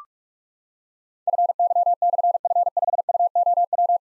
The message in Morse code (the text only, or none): FY/F5UOW